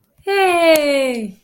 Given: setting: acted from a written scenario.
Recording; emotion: vocal sound without words; elation